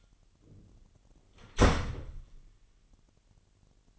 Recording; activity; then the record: daily activity, microphone in the room; close door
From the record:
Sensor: 4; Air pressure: 999.2 hPa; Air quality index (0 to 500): 116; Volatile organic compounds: 2 ppm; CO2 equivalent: 1140 ppm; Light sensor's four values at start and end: 13/33/13/14 and 13/30/12/13